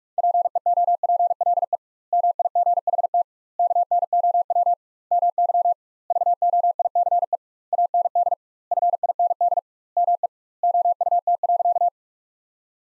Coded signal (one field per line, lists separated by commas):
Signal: Morse code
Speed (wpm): 43 wpm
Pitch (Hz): 700 Hz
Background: none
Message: PEOPLE MIGHT KNOW MY VOICE AND FIND ME OUT.